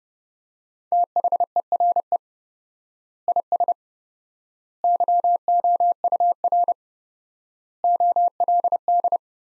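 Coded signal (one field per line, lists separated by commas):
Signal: Morse code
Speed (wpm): 32 wpm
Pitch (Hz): 700 Hz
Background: none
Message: THERE IS YOUR OLD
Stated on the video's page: Morse practice of sentences from the top 500 words at 30 wpm with 4x word spacing, a Farnsworth-like method applied to words.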